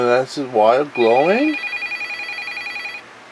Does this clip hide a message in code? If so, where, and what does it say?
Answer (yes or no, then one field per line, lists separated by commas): no